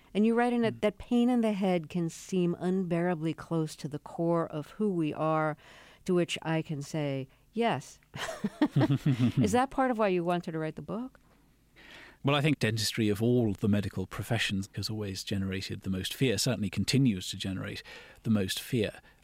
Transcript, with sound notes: And you write in that pain in the head can seem unbearably close to the core of who we are, to which I can say, yes (laughter). Is that part of why you wanted to write the book?
Well, I think dentistry of all the medical professions has always generated the most fear, certainly continues to generate the most fear.